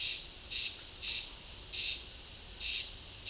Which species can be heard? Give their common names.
none